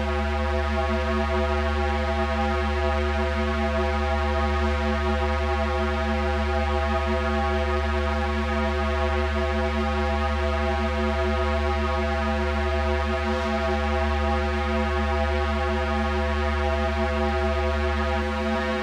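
A steady drone holds for the whole stretch, built on a heavy low hum with many fixed tones stacked above it. Nothing rises, falls or breaks off; the loudness stays even throughout, with only a faint flicker around thirteen seconds.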